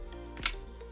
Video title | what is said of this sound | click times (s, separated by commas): Rovic RV1D Disc Golf Cart | so that locks in place | 0.5 s